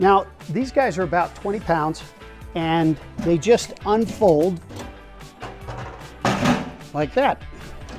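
A roughly 20-pound foldable metal ramp, the kind used for wheelchairs or dollies, is unfolded while someone talks over background music. A sharp, broadband hit lands at about 6.2 seconds as the ramp is handled, but nothing has seated or locked into place yet.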